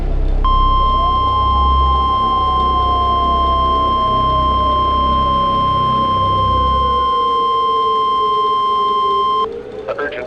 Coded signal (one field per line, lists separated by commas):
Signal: Emergency Alert System (SAME) tones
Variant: 1050 Hz attention tone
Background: speech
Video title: SO...MANY...TORNADO WARNINGS... 🌪 || EAS Alerts from June 5, 2024 (EAS #2,770-2,777)